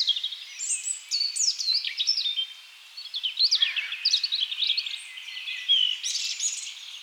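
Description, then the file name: European robin singing a rapid string of high, tinkling, varied phrases, with a brief pause midway before the thin warbles resume. "Erithacus rubecula"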